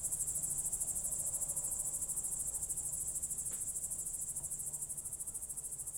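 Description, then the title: A shrill cricket chorus pulses evenly and rapidly from start to finish, with a single faint click midway. Crickets recorded at night through a window in Goworów, Poland, late evening of 18 July 2022, World Listening Day, with a Zoom F4 and AT BP4025. "Goworów 6, 57-515, Poland - World Listening Day/Night 18/07/2022-night crickets"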